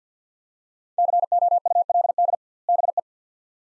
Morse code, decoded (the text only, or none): COULD BE